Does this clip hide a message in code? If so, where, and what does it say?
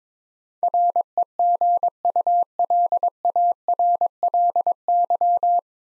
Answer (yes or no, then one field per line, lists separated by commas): yes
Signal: Morse code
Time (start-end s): 0.6-5.6 s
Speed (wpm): 22 wpm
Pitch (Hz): 700 Hz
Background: none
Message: REGULARLY